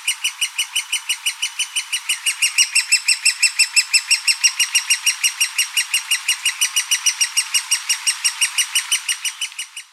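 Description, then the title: Great spotted woodpecker nestling calling in a fast, insistent series of sharp high notes, slightly louder midway and fading at the end. Chick (nestling). "Sylvain Jaskowiak - Mes piafs. Pic-épeiche (poussin)"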